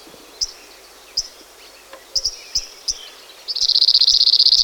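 Cirl bunting song: a fast, dry, even rattle on one high pitch starting late and running to the end, after a few scattered short high chips.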